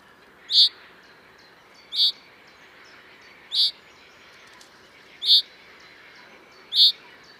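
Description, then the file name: Common chaffinch calling: five bright, clipped high notes repeated roughly every one and a half seconds, with a quiet hissing background. "Fringilla coelebs"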